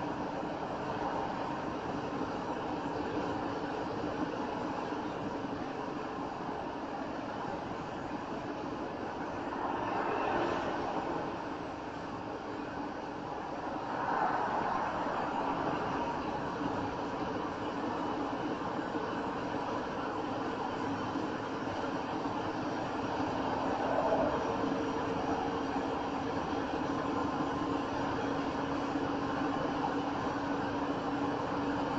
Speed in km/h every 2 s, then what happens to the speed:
85, 87, 87, 87, 87, 85, 84, 85, 85, 87, 89, 92, 93, 93, 97, 97.
0-16 steady at about 85. 16-32 speeds up to 97.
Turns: none.